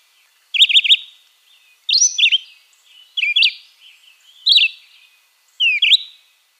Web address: Philadelphia Vireo